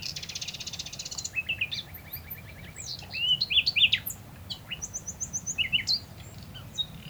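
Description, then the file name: Common nightingale song beginning with a fast, dry high rattle, then a quick repeated chatter and loud slurred whistles in varied bursts, against steady low rumble. "Luscinia megarhynchos"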